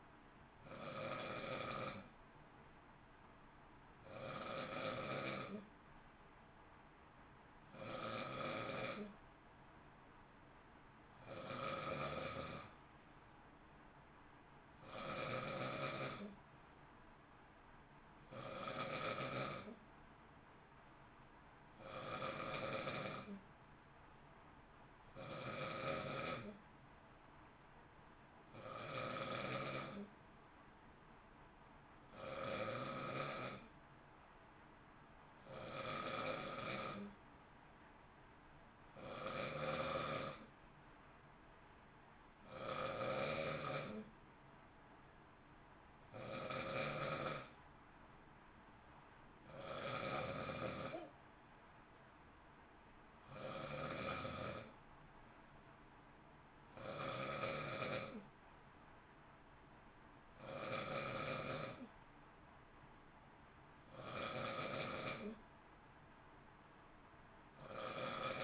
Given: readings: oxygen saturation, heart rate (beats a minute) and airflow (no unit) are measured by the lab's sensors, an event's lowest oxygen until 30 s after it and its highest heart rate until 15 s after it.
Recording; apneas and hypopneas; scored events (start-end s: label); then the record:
breathing in sleep by a voice recorder at the bedside; none
none scored
From the record:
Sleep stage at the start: N2 (light sleep); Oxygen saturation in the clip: 90 to 92%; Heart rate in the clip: 55 to 58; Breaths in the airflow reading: 25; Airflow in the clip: -0.8 to 0.8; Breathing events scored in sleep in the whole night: 328 in 6.3 hours asleep